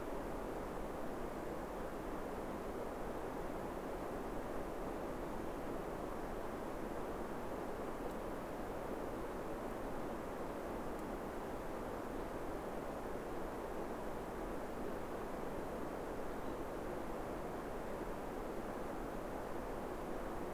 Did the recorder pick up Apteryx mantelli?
no